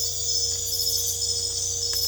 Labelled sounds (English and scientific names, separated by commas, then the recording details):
none
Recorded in secondary vegetation near Puerto Asís, Putumayo, Colombia, on 22 December 2024 at 22:00
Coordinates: 0.488, -76.319
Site GP04